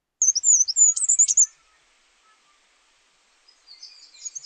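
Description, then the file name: Goldcrest singing one short, extremely high-pitched phrase of rapid see-sawing notes ending in a twittered flourish, followed by silence and faint high twitters. "roitelet Huppé"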